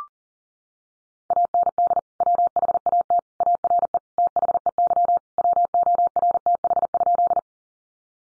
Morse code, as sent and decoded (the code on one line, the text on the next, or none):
.- -. -.. / .-- .... .- - / .- .-. . / - .... . -.-- / .-- --- .-. - .... ..--..
AND WHAT ARE THEY WORTH?